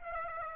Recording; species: mosquito wingbeat signal from an infrared sensor; Aedes aegypti